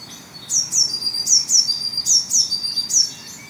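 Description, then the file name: Eurasian blue tit: a steady run of piercing high notes, each dropping steeply in pitch, delivered in doubled groups. "Cyanistes caeruleus"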